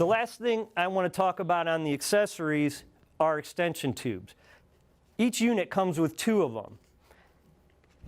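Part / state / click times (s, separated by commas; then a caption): plastic extension tube into hose/handle of cleaning unit / not seated / none. Someone talks while handling a plastic extension tube for a Carico ProSeries 360 cleaning unit, about to fit it into the hose/handle. Only faint handling ticks are heard near the end, around 7.7 and 7.8 seconds. The tube has not snapped into place yet; nothing has seated or clicked.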